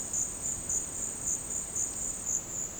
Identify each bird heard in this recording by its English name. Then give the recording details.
none. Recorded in dense forest near Puerto Asís, Putumayo, Colombia, on 18 February 2024 at 16:30. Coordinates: 0.486, -76.316. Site G6437